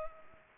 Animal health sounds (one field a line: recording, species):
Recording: mosquito wingbeat signal from an infrared sensor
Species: Culex pipiens